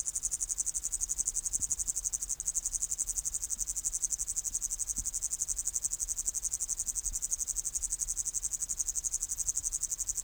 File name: Tettigonia cantans